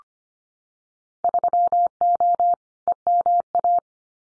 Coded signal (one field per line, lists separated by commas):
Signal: Morse code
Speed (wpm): 25 wpm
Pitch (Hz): 700 Hz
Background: none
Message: 3O EMA